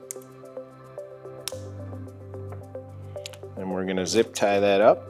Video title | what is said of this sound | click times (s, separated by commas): 2024-2026 Street Glide Ultra // Stage 2 // "RE" AMP & SPEAKER INSTALL | And just make sure you hear the little clicks. | 0.1 s, 1.5 s